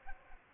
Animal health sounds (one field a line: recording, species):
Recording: mosquito wingbeat signal from an infrared sensor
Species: Culex pipiens